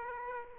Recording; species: mosquito wingbeat signal from an infrared sensor; Aedes aegypti